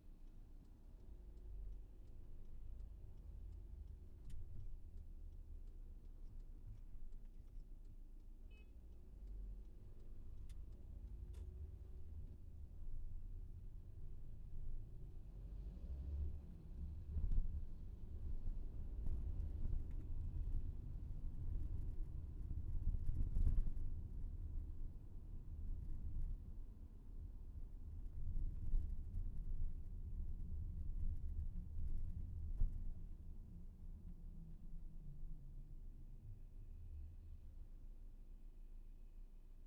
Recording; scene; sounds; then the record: everyday scene through a hearing-aid microphone; in a vehicle; engine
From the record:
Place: VW T5 Caravelle, diesel engine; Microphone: behind the ear, left, rear